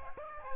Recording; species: mosquito wingbeat signal from an infrared sensor; Aedes aegypti